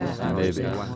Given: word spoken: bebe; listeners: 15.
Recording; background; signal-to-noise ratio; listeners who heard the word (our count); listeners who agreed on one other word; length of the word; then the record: one Spanish word in noise, from a listening test; eight-talker babble; -0.1 dB; 3 of 15; 10 of 15; 0.56 s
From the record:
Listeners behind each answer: 10, 3, 2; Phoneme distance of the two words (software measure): 7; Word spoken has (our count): 2 syllables, 4 phonemes, stress on syllable 1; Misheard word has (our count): 2 syllables, 5 phonemes, stress on syllable 1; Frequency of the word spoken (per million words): 11.79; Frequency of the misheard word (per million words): 0.73